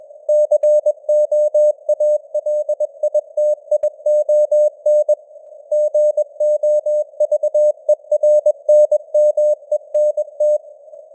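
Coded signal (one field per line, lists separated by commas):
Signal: Morse code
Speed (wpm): 21 wpm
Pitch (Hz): 600 Hz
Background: none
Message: COALITION GOVERNMENT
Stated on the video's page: News headlines in Morse at 21 wpm with simulated radio noise and varying signal strength (QSB).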